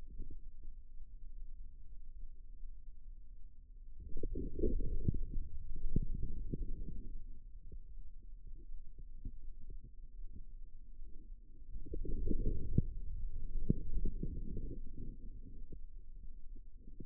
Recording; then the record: forearm muscle sounds (acoustic myography)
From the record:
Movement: inward rotation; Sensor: system 2, bracelet of six BSWA MPA416 microphones around the upper forearm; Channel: 4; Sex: female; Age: 25 years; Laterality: right